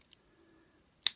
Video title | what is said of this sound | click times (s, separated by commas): Studio Series - 105 Deluxe Class Autobot Mirage Review - Transformers Rise of the Beasts | that so that'll click into place there | 1.1 s